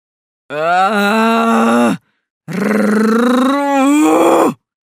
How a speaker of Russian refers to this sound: слушая стоны мужа, сидящего в кресле рядом с кроватью, где она лежала, Ева нервно стискивала его руку.